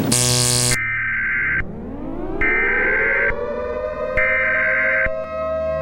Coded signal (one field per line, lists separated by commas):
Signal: Emergency Alert System (SAME) tones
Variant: header bursts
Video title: EAS scenario:skynet AI (analog horror) an shout out to equillibriumfilms because this is his vid￼